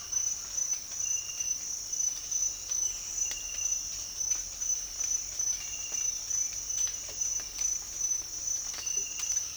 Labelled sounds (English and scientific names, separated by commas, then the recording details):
none
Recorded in dense forest near Puerto Asís, Putumayo, Colombia, on 24 March 2025 at 06:30
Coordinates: 0.503, -76.323
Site GP09